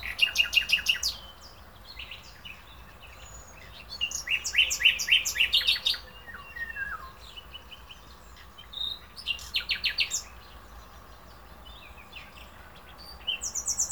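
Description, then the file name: Common nightingale singing in bursts: rapid pulsed notes, stuttering chatter and a slurred downward whistle, separated by brief pauses over a soft background hiss. "Luscinia megarhynchos"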